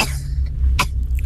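A single short, sharp cough burst from a child, made on request, stands out against a steady low background hum. It is a brief voluntary cough with no wheeze or rattle following it.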